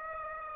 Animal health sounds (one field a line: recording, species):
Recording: mosquito wingbeat signal from an infrared sensor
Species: Aedes aegypti